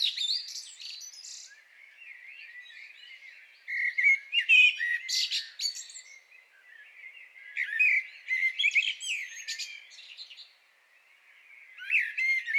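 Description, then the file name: Common blackbird song: warbled phrases and squeaky high twitters, in bursts separated by quieter passages. "Turdus merula"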